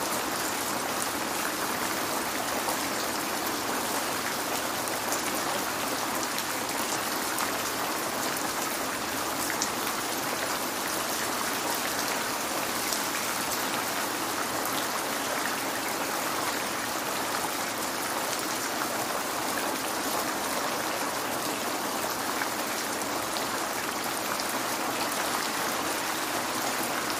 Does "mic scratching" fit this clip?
no